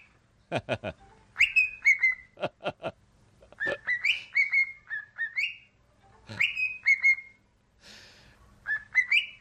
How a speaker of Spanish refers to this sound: Elvis. Os presento a Elvis. Pobrecita. Sí, sí, sí. Es un loro. Cantar el himno del Madrid. Que nos va a cantar el himno del Madrid.